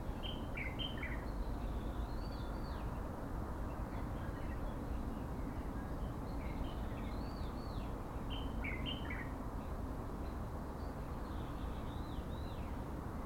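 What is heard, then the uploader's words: A springtime scene in Shanghai, with a steady low rumble of traffic filling the background throughout. Over it, birds chirp and whistle in short bright bursts, clustering near the start, around seven to nine seconds, and again near the end. Replacement Soundscapes: Shanghai (Spring).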